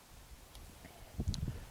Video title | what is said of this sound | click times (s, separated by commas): Crossbow Shooting 101 - Basics & Fundamentals - How to use a Crossbow | just like that until you hear it click | 1.3 s